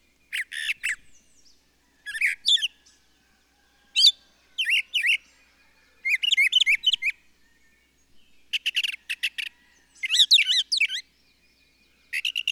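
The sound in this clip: Birdsong of dense chirping bursts and twittered trills, phrases of about a second spaced by pauses.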